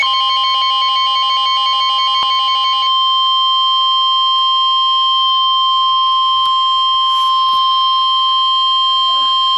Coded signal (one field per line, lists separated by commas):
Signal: Emergency Alert System (SAME) tones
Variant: 1050 Hz attention tone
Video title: Severe T-Storm Warning [EAS #106] 7-24-12